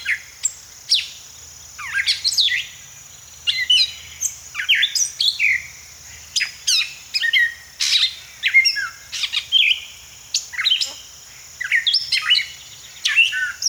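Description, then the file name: Gray catbird singing a varied stream of short squeaky, slurred and harsh notes, grouped in bursts separated by short gaps, with a constant thin high tone behind. "Gray Catbird - Dumetella carolinensis"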